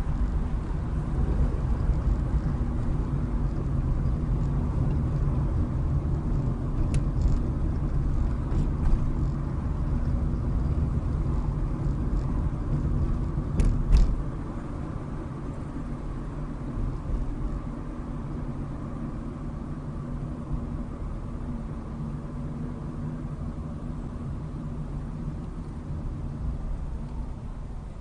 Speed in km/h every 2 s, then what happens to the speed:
27, 29, 31, 29, 27, 29, 29, 29, 29, 24, 23, 21, 16, 6.
0-16 steady at about 29. 16-28 slows to 6.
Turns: none.